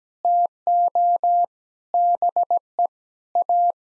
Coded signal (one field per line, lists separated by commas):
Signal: Morse code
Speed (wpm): 17 wpm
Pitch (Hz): 700 Hz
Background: none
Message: TO BE A